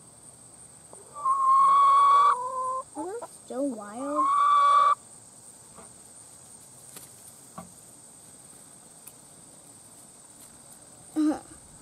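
Chickens squawk and cluck loudly in a burst over the first five seconds, then fall quiet under a steady high hiss, with one brief cluck near eleven seconds.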